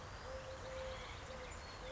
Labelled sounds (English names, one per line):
Eurasian Collared Dove